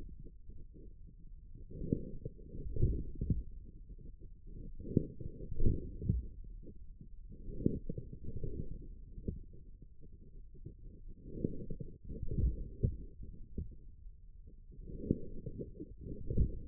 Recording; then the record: forearm muscle sounds (acoustic myography)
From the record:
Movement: forearm pronation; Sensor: system 1, eight BSWA MPA416 microphones around the upper forearm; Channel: 7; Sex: male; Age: 41 years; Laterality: right